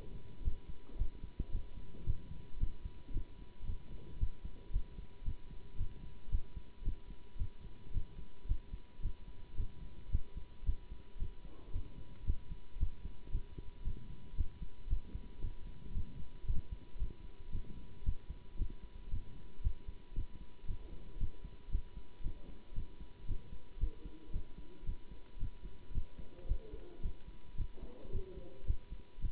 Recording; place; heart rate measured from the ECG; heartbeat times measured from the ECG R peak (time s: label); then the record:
heart sounds by stethoscope; between the tricuspid and mitral areas; 113 bpm
0.42 s: heartbeat
0.97 s: heartbeat
1.50 s: heartbeat
2.04 s: heartbeat
2.58 s: heartbeat
3.12 s: heartbeat
3.65 s: heartbeat
4.18 s: heartbeat
4.71 s: heartbeat
5.23 s: heartbeat
5.76 s: heartbeat
6.30 s: heartbeat
6.83 s: heartbeat
7.37 s: heartbeat
7.92 s: heartbeat
8.46 s: heartbeat
9.01 s: heartbeat
9.55 s: heartbeat
10.10 s: heartbeat
10.64 s: heartbeat
11.17 s: heartbeat
11.71 s: heartbeat
12.25 s: heartbeat
12.78 s: heartbeat
13.30 s: heartbeat
13.83 s: heartbeat
14.35 s: heartbeat
14.88 s: heartbeat
15.40 s: heartbeat
15.92 s: heartbeat
16.45 s: heartbeat
16.97 s: heartbeat
17.50 s: heartbeat
18.03 s: heartbeat
18.56 s: heartbeat
19.09 s: heartbeat
19.61 s: heartbeat
20.14 s: heartbeat
20.66 s: heartbeat
21.18 s: heartbeat
21.70 s: heartbeat
22.21 s: heartbeat
22.73 s: heartbeat
23.26 s: heartbeat
23.78 s: heartbeat
24.31 s: heartbeat
24.84 s: heartbeat
25.38 s: heartbeat
25.92 s: heartbeat
26.46 s: heartbeat
27.01 s: heartbeat
27.56 s: heartbeat
28.10 s: heartbeat
28.65 s: heartbeat
29.20 s: heartbeat
From the record:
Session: Bruce protocol treadmill stress test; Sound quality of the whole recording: good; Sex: male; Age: 24 years